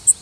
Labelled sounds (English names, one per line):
Worm-eating Warbler flight call